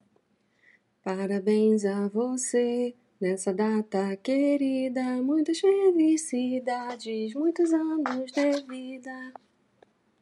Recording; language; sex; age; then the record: short text; Brazilian Portuguese; female; 30 to 39 years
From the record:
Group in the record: control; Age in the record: 37 years